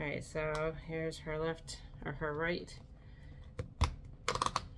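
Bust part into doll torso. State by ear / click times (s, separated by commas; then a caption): seated / 3.8 s, 4.3 s, 4.4 s, 4.5 s, 4.6 s. Someone talks while one side of a plastic replacement bust part is fitted onto a doll body. Sharp clicks sound at about 3.8, 4.3, 4.4, 4.4, 4.5 and 4.6 seconds as the part clicks into the doll torso, and it is seated correctly.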